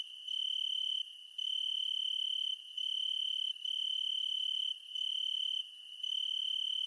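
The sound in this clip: Cricket: a sustained shrill trill interrupted by several brief gaps, otherwise constant and even.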